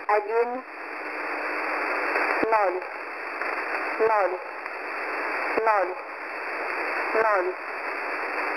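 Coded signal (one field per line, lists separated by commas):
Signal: numbers station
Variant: S06s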